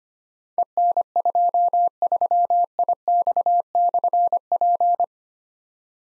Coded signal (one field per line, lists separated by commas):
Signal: Morse code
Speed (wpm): 25 wpm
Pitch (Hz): 700 Hz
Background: none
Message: EN23IX/P